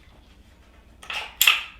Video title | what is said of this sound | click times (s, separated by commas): Selectmen's Meeting 07/22/2019 | You can hear it snap. There's no possible way that it's going to come apart. | 1.4 s